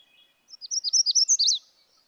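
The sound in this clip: Magnolia warbler giving a short, high, rapid warbled phrase with a stressed final note, over a faint background hiss with soft thin notes.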